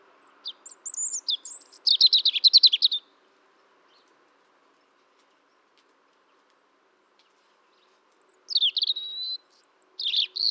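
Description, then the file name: European robin song: a high, sweet phrase of thin whistles and a rapid trill, a long pause, then another phrase beginning; faint low hum underneath. "Erithacus rubecula"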